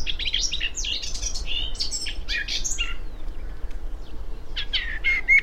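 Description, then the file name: Eurasian blackcap pouring out a dense scratchy warble for about three seconds, a short pause, then a few more bright notes, low rumble beneath. "Sylvia atricapilla"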